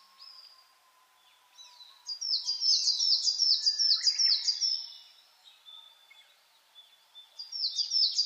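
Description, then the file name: Coal tit song: a high, rapid phrase of repeated two-part notes lasting about three seconds, starting again near the end, with fainter high notes around it. Recorded 10 June 2009 at 06:39. "higara-20090610-0639"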